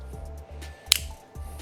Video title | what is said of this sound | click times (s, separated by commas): Easy fix guide for the later (Ford type) common tail light issues. | There we go. So, you've heard the click. It's not snapped. It's just unclipped. | 0.9 s